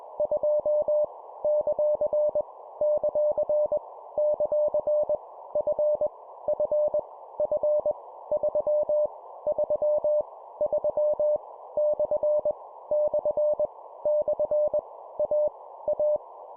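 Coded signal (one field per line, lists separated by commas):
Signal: Morse code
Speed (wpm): 21 wpm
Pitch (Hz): 600 Hz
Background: none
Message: 2 ; ; ; F F F 3 3 3 / / / A A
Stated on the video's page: Morse practice at 20 wpm: random letters, numbers and punctuation, each repeated three times.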